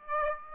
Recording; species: mosquito wingbeat signal from an infrared sensor; Aedes aegypti